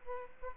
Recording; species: mosquito wingbeat signal from an infrared sensor; Aedes aegypti